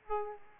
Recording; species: mosquito wingbeat signal from an infrared sensor; Aedes aegypti